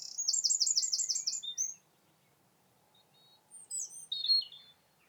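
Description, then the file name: Eurasian wren song ending in a fast, shrill trill, followed by silence and then a few separate high twittering notes. "Troglodytes troglodytes"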